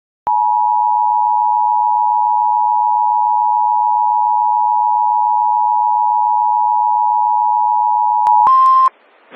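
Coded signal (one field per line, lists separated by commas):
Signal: Emergency Alert System (SAME) tones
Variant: 853 and 960 Hz attention tone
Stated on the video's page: Severe weather EAS alert tones received from a radio station.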